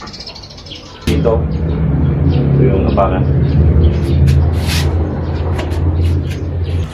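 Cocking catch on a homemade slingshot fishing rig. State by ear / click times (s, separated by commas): not seated / none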